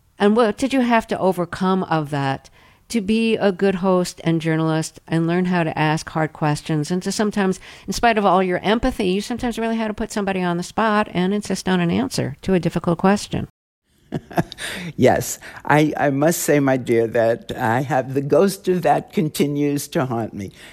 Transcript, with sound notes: And what did you have to overcome of that to be a good host and journalist and learn how to ask hard questions, and to sometimes, in spite of all your empathy, you sometimes really had to put somebody on the spot and insist on an answer to a difficult question?
(Laughter) Yes, I must say, my dear, that I have - the ghost of that continues to haunt me.